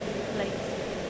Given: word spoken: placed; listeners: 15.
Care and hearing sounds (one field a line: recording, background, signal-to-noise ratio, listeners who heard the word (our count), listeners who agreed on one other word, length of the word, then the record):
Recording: one English word in noise, from a listening test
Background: speech-shaped noise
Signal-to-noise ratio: -6.7 dB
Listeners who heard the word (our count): 0 of 15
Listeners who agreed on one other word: 9 of 15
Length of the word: 0.70 s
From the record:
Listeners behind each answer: 9, 1, 1, 1, 1, 1, 1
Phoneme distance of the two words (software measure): 7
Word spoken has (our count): 1 syllable, 5 phonemes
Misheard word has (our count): 1 syllable, 4 phonemes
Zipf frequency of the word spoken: 4.40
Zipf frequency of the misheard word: 5.78